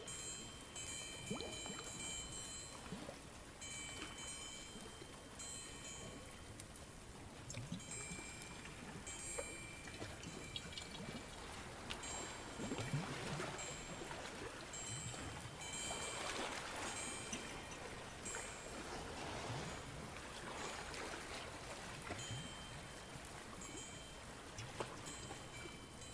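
A beach day with wind chimes ringing steadily in bright, sustained tones over a constant wash of surf and scattered clatter and knocks.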